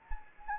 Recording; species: mosquito wingbeat signal from an infrared sensor; Anopheles gambiae